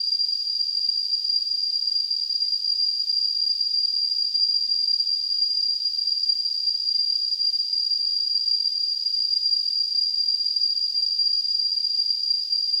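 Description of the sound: A steady, unbroken high-pitched tone near 5 kHz, wrapped in a soft band of hiss, holds without change for about 13 seconds. It is a simulated tinnitus sound, imitating the constant ringing a person with tinnitus hears.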